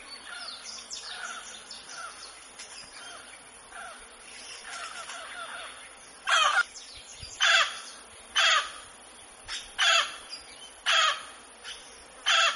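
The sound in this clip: Mealy amazon squawks: quiet chatter at first, then loud harsh single squawks repeated roughly once a second.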